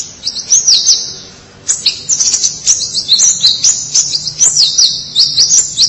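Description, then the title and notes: White-eye song: a brief high warble, a short pause, then a fast continuous stream of thin high chirps and slurred notes. "Suara kicauan burung pleci"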